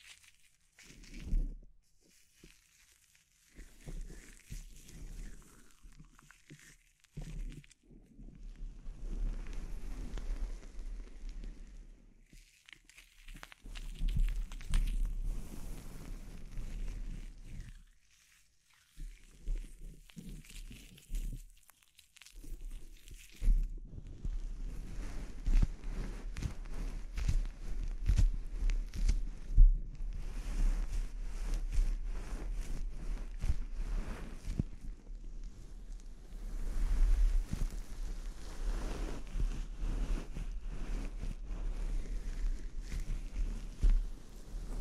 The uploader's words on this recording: ASMR Sleep Inducing Scalp Treatment (No Talking).